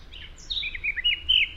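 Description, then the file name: Eurasian blackcap, a brief fragment of warbling with a few quick fluty notes rising and falling. "Sylvia atricapilla"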